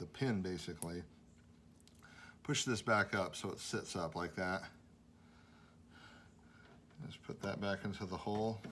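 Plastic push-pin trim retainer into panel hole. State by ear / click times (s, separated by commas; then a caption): not seated / none. Someone talks while handling a plastic push-pin trim retainer for a panel hole on a 2017 Corolla iM during a 9012 LED headlight bulb installation, pushing its middle pin back up so it sits raised before it goes into the hole. Faint handling ticks come around 1.8–2.0 s and 7.1 s. Nothing has seated or clicked yet.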